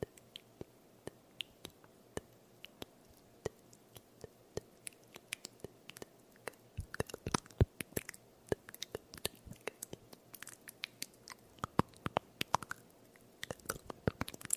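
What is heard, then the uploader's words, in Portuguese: Mouth sounds, slow then fast: sharp wet clicks and smacks arrive sparsely for the first several seconds, then grow much denser and quicker from about seven seconds on. The pops are crisp and bright over a quiet, low steady hum. ASMR só com sons de boca lentos e rápidos pertinho do seu ouvido.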